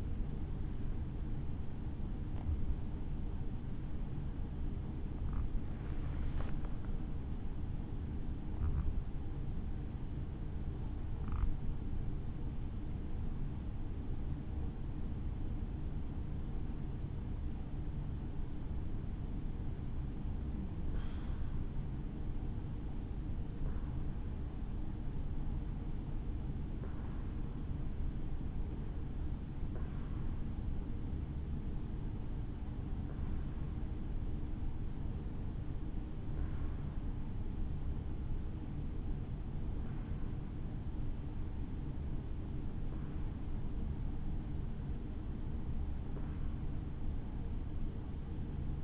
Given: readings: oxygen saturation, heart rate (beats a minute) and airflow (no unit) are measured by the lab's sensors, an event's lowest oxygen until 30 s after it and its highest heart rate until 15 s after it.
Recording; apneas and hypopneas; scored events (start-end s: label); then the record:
breathing in sleep by a smartphone at the bedside; none
none scored
From the record:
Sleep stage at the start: N1 (lightest sleep); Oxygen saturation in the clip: 90 to 96%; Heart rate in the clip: 53 to 75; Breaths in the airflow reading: 16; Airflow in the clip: -6.5 to 7.8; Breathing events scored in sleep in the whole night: 216 in 7.0 hours asleep